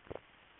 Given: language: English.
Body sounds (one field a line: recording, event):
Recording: throat vibration sensor signal played as sound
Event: swallow